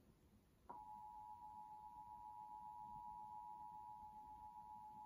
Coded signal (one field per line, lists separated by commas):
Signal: Emergency Alert System (SAME) tones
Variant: 853 and 960 Hz attention tone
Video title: EAS #1687 IL RMT on WCIU 6-7-22